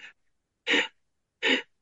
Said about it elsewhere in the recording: I can't breathe because now I'm hyperventilating and I'm having an asthma attack. I was literally on the floor, gasping for air.